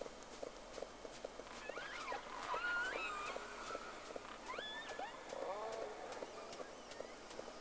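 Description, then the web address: Whale calls: several tonal, upswept and arching whistles with harmonics, over a steady train of pulses and a constant background hiss. Two whales, from a vessel on 3 October 2006 at 11:30, round 1. "Sea Snake 10-3-06 Whales X 2 11-30 Round 1"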